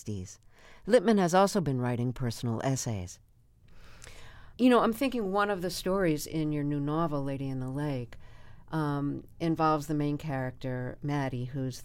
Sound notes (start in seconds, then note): none